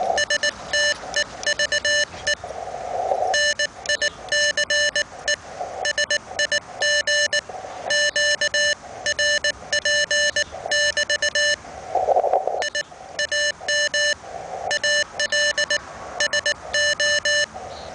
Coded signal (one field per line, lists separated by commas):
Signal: Morse code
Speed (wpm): 19 wpm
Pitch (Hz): 1800 Hz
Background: none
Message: STEVE NICE SIG QRP <BT> I AM ALSO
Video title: QRP (LOW-POWER) TWO-WAY RADIO CONTACT